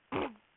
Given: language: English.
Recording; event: throat vibration sensor signal played as sound; throat clearing